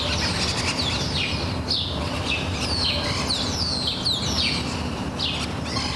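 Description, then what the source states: Several birds calling together, with busy high chirps and sweeping notes overlapping over a constant low background rumble. Morning birds at Les Jardins de Carthage, Sidi Daoud, Tunis, Tunisia.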